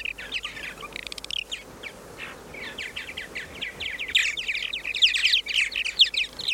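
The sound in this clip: Purple martin chattering song, a steady stream of rapid gurgled chirps that grows busier and louder toward the end.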